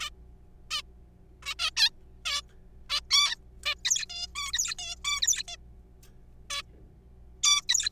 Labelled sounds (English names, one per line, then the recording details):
Zebra Finch
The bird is a juvenile
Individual R3428